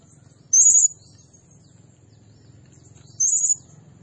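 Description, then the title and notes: Blue-crowned hanging parrot giving two brief, very high, shrill trilled bursts about two and a half seconds apart, with a faint low hum underneath. Lure and training recording, nasteran style, meant to provoke other birds; described as energetic, 'nembak' shooting delivery. "Burung Serindit Nembak Gacor Bikin Emosi Semua Burung. Suara Nasteran Dan Pemikat Burung Serinditan Gacor"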